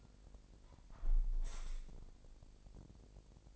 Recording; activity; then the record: daily activity, microphone in the room; close window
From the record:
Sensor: 5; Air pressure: 1000.5 hPa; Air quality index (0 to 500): 249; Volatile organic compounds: 35 ppm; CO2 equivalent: 3065 ppm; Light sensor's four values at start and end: 33/78/31/29 and 33/77/31/29